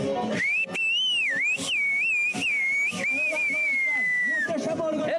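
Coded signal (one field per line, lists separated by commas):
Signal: whistled language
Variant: Turkish Kuş dili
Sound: a loud, continuous whistle gliding up and down in pitch like speech melody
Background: outdoor noise, short bursts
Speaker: Bir de o zaman festivale de çağıralım mı?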